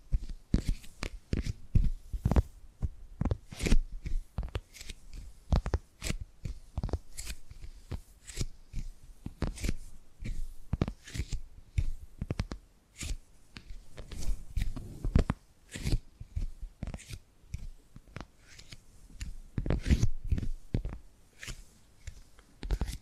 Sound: Tapping and Gripping Sounds